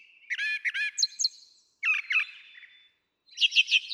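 Brown Thrasher song: a doubled rich slurred phrase, a doubled high note, then a buzzy doubled phrase and a final trill-like burst.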